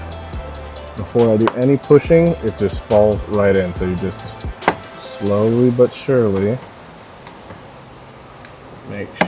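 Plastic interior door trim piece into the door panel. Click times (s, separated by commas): 9.2 s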